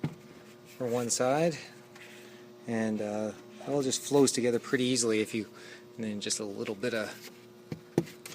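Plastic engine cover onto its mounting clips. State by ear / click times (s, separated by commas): seated / 8.0 s, 8.3 s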